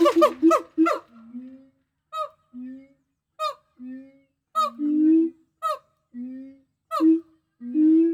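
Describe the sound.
Gibbon calls: a rapid series of hooting notes, then repeated pairs of a short sharp note followed by a lower, longer hoot.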